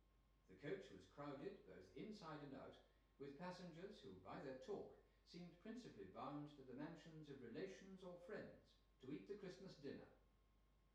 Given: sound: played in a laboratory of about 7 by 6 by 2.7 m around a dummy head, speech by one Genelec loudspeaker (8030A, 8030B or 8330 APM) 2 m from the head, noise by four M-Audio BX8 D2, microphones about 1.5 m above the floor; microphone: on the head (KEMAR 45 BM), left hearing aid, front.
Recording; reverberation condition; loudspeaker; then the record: male speech in English; medium; 120 degrees to the right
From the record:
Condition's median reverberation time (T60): about 510 ms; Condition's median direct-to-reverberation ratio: about -0.5 dB